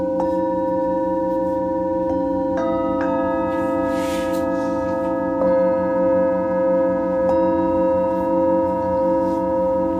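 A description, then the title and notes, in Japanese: Singing bowls ring in a steady, layered drone of sustained tones around a low hum, with a slow wavering pulse. New strikes land every second or two, early and again near five and seven seconds, each adding a bright ringing onset. A brief soft rustle appears around four seconds. メキシコから シンギングボウルのサウンドヒーリング ライブ。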